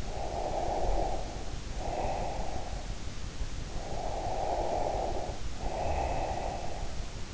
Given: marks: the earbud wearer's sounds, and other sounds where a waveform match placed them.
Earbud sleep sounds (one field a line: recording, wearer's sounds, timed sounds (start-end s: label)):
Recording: sounds in sleep by an in-ear microphone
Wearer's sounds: breath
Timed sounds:
0.00-3.02 s: breath
3.70-7.15 s: breath